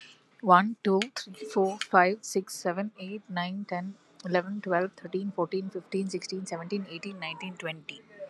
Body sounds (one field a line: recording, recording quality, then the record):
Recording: counting at a normal pace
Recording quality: excellent, no background noise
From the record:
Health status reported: exposed to COVID-19, no respiratory illness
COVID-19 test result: negative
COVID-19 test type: RT-PCR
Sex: female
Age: 23 years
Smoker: no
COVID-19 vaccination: both doses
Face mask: worn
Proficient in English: yes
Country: India